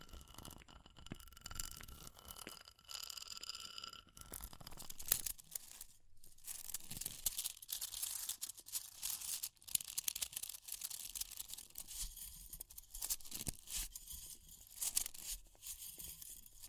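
Fire crackles with dense, bright snaps and pops throughout, mixed with sharp taps and scratching, a brief whistling tone near the start.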